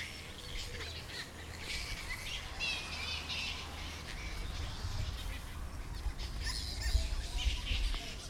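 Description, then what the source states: Flying fox: scratchy, chattering squawks come irregularly over a steady low rumble. Flying foxes (fruit bats) feeding in fig trees.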